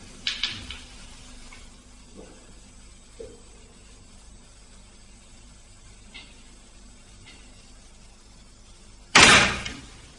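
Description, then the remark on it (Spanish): On a very calm night, with no draught, a door moves by itself with a few faint, scattered knocks and rustles over a quiet hiss, then slams shut once with a sudden loud bang that quickly dies away. No one speaks. “Y de repente, y sin dilación, la puerta se movió sola y terminó por cerrarse.”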